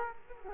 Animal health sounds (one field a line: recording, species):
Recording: mosquito wingbeat signal from an infrared sensor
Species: Culex quinquefasciatus